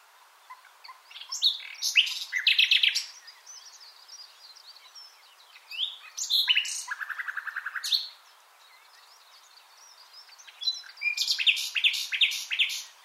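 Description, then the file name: Common nightingale delivering three song phrases, each mixing sharp high chirps with rapid trills of repeated notes, separated by short gaps. "Luscinia megarhynchos"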